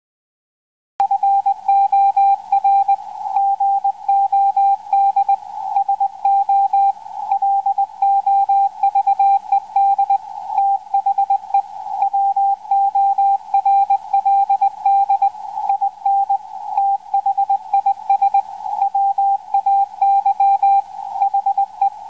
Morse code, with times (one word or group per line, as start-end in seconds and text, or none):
1.0-2.9 FOR
3.4-5.3 GOD
5.8-6.9 SO
7.3-10.2 LOVED
10.6-11.6 THE
12.0-15.3 WORLD
15.7-16.4 IN
16.8-18.4 THIS
18.8-20.8 WAY
21.2-21.9 HE